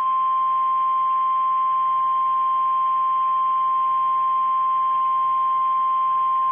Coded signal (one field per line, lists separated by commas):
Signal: Emergency Alert System (SAME) tones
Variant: 1050 Hz attention tone